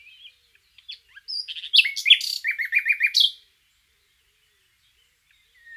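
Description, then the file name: Common nightingale song: quiet introductory notes building into a loud, varied burst with a short series of rapid repeated notes, then silence. "Luscinia megarhynchos"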